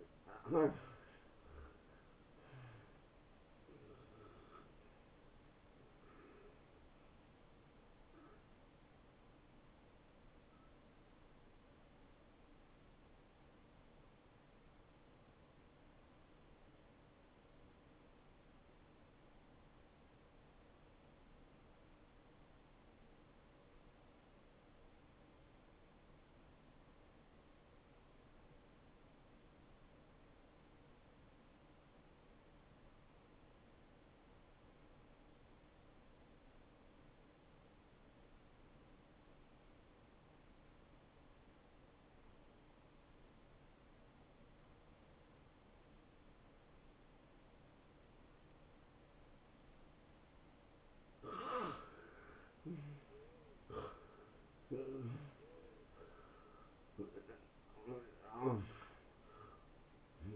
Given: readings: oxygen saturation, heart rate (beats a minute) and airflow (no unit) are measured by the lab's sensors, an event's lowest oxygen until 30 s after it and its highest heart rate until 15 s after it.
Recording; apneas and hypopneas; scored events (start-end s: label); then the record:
breathing in sleep by a voice recorder at the bedside; 1
16.00-51.70 s: obstructive apnea (N1, oxygen 95% highest, then 81% lowest)
From the record:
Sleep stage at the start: N1 (lightest sleep); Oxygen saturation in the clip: 82 to 95%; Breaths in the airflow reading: 6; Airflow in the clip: -20.8 to 12.0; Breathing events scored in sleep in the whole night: 263 in 5.5 hours asleep